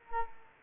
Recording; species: mosquito wingbeat signal from an infrared sensor; Culex quinquefasciatus